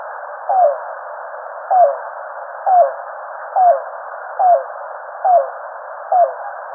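Yellow-billed cuckoo calling seven low, hollow notes that slur downward, spaced roughly a second apart, with constant background hiss.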